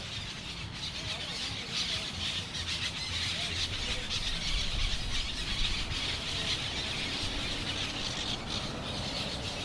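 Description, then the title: Parrots chattering in a crowd, harsh squeals and squawks piling up, over a low steady rumble. Parrots at sunset in Crespo. "Loros En Crespo Al Atardecer"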